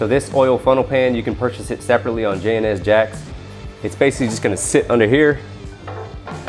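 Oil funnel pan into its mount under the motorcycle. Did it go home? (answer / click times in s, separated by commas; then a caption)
no / none. A metal oil drain funnel pan is handled and slid into position under a Harley-Davidson Road Glide motorcycle while someone talks over background music. Near the end, short knocks are heard at about 5.9, 6.3 and 6.5 seconds. Nothing has seated or clicked yet, since the pan has not locked into its mount by the end.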